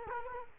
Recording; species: mosquito wingbeat signal from an infrared sensor; Culex quinquefasciatus